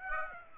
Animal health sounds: mosquito wingbeat signal from an infrared sensor; Aedes aegypti

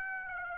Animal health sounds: mosquito wingbeat signal from an infrared sensor; Aedes aegypti

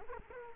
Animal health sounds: mosquito wingbeat signal from an infrared sensor; Culex quinquefasciatus

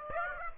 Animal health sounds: mosquito wingbeat signal from an infrared sensor; Aedes aegypti

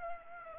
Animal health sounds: mosquito wingbeat signal from an infrared sensor; Aedes aegypti

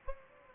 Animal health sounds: mosquito wingbeat signal from an infrared sensor; Anopheles gambiae

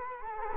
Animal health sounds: mosquito wingbeat signal from an infrared sensor; Culex quinquefasciatus

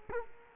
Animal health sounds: mosquito wingbeat signal from an infrared sensor; Culex quinquefasciatus

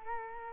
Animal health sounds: mosquito wingbeat signal from an infrared sensor; Culex quinquefasciatus

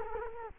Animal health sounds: mosquito wingbeat signal from an infrared sensor; Culex quinquefasciatus

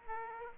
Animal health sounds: mosquito wingbeat signal from an infrared sensor; Aedes aegypti

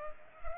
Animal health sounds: mosquito wingbeat signal from an infrared sensor; Culex pipiens

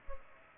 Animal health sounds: mosquito wingbeat signal from an infrared sensor; Culex pipiens

